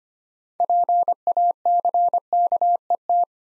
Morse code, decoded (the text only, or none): PACKET